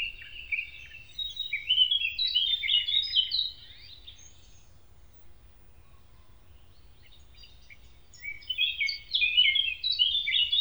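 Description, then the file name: Eurasian blackcap singing two rich warbling phrases of quick, varied fluty notes separated by a few seconds of quiet, over faint low background noise. "moenchsgrasmuecke"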